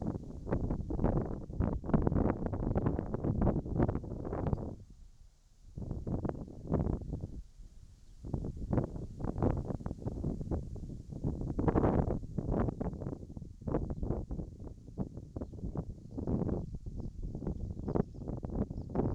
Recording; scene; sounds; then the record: everyday scene through a hearing-aid microphone; wind on the microphone; wind, whistling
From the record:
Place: in front of a rural house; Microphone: in the ear canal, right